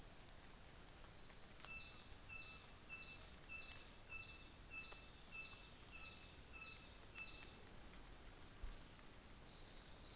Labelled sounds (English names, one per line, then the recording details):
New Zealand Fantail
North Island Saddleback
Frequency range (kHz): North Island Saddleback 1.1-4.2 kHz
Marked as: faintness 2/5, faintness 3/5
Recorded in New Zealand on 24 December 2018
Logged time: 09:00